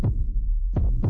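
Deep, low thuds of an adult's heartbeat, a lub-dub pair heard over a steady low hum.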